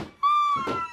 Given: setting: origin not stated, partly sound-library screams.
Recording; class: one-second piece from a danger detection set; woman in danger